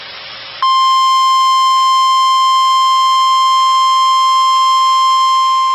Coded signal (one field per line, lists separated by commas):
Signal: Emergency Alert System (SAME) tones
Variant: 1050 Hz attention tone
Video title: More Severe Weather... EAS Alerts from 7/14/23 (EAS 229-242)